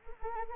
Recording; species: mosquito wingbeat signal from an infrared sensor; Anopheles arabiensis